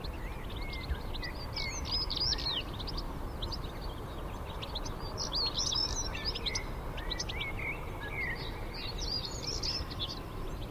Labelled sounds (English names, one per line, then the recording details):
European Stonechat
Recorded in the wild
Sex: male
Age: adult
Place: Hobrechtsfelder Rieselfelder, Naturpark Barnim, Berlin, DE
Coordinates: 52.6631, 13.4806
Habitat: irrigation field
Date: 2010-04-18
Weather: fair, 5°C, no wind
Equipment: Sound Devices 702, Sennheiser MKH 70, Rycote Windschutz
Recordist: Frommolt, Karl-Heinz